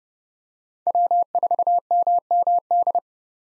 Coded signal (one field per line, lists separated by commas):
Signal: Morse code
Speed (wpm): 30 wpm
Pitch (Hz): 700 Hz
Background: none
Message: W4MMD